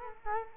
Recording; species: mosquito wingbeat signal from an infrared sensor; Culex quinquefasciatus